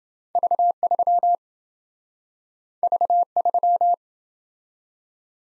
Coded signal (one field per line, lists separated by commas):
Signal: Morse code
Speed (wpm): 27 wpm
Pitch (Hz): 700 Hz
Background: none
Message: V3 V3